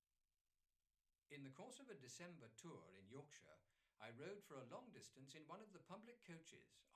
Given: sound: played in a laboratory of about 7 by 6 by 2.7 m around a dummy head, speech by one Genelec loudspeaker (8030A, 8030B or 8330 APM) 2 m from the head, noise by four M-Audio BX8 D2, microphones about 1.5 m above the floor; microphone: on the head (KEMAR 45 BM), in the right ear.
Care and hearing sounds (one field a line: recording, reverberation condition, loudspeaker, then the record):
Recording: male speech in English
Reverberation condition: low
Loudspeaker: 90 degrees to the right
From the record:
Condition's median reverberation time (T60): about 310 ms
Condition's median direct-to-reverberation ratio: about 3.5 dB